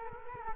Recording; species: mosquito wingbeat signal from an infrared sensor; Culex quinquefasciatus